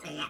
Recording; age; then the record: pig call; piglet (1 to 25 days)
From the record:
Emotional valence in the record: negative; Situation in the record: restrain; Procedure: sham castration, cut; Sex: male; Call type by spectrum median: low-frequency call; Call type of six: mixed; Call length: 0.30 s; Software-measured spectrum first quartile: 728 Hz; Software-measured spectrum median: 1645 Hz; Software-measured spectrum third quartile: 2979 Hz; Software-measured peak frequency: 2829 Hz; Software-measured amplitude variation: 118 dB a second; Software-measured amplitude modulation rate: 14.9 a second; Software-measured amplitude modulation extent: 7.9 dB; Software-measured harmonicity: 3.2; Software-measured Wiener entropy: -1.30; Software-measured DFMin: 736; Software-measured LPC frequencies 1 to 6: 1301, 2687, 3133, 5743, 7777, 8962 Hz